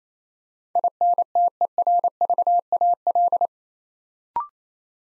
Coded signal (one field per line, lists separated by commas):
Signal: Morse code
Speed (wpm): 27 wpm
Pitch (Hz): 700 Hz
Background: none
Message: INTERVAL